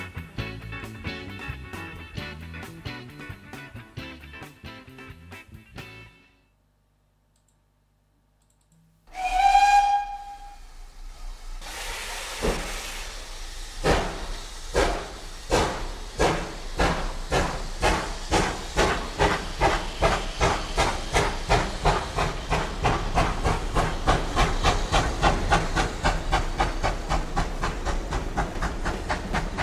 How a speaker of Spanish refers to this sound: Bueno, vámonos para el vagón, el primer vagón, el de subir, porque el tren va a pitar su salida.